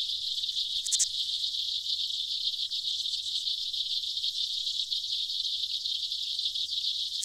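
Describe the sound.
Aquatic insects producing a dense, even, high buzzing hiss, with a quick click near the beginning and another at the very end.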